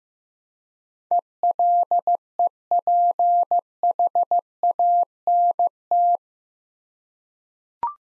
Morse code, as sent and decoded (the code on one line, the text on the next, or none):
. .-.. . .--. .... .- -. -
ELEPHANT